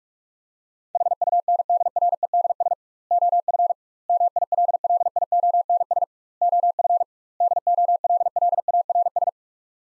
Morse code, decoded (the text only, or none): HUNDREDS OF MILLIONS OF DOLLARS